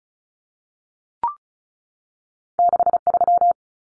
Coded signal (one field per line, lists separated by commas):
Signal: Morse code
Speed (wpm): 34 wpm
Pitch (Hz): 700 Hz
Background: none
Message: 63